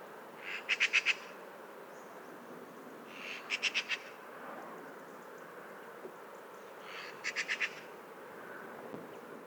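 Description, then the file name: Eurasian magpie chatter: three short bursts of rapid, harsh, rattling clicks, about three to four seconds apart. "Pica pica"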